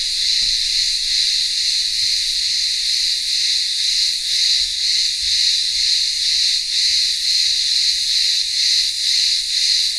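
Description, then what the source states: Chorus of cicadas buzzing without pause, a shrill hissing drone that throbs in soft regular pulses roughly twice each second. Cicadas in a town square of a remote Greek village on Ikaria island, Greece, in midday heat.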